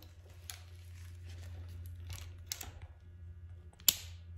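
The middle piece and surround piece of a magnetic chin-strap buckle on a Tipperary helmet are handled with faint ticks and rustles, then brought together close to the mic. The buckle snaps shut with a sharp, loud click at 3.9 s, seating properly.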